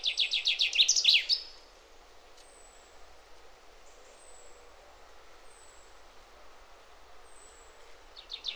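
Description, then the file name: Common chaffinch song: a rapid, descending rattle of bright notes with an end flourish, then faint high, thin whistles, and a new phrase starting at the end. "Fringilla coelebs"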